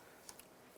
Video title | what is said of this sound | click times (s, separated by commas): How to Replace Intake Manifold 2011-2019 Ford Fiesta | and we're just going to gently push this on and you'll hear the click securing it into place the hose itself | 0.3 s